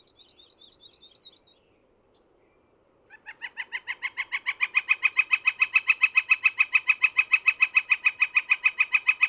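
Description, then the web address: Northern flicker: a faint high twitter, a pause, then a loud, regular string of ringing kik notes that builds in volume and continues to the end. "soundandlightecologyteam"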